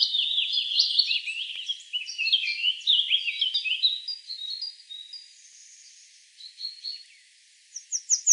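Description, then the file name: Willow warbler song: a sweet phrase of clear whistled notes, followed by a few quieter scattered high notes. Recorded 24 April 2013. "24 04 2013 Fitis JB"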